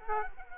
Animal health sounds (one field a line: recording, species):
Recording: mosquito wingbeat signal from an infrared sensor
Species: Culex quinquefasciatus